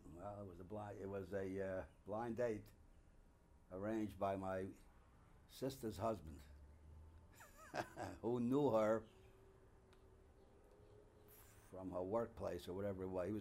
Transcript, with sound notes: Well, it was a bli...it was a blind date arranged by my sister's (he laughs) who knew her from her workplace or whatever it was.